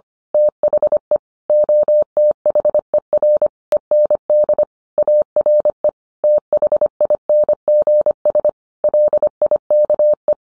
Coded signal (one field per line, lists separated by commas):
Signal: Morse code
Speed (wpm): 25 wpm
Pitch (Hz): 600 Hz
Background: none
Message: THE OTHER END ARE THINGS LIKE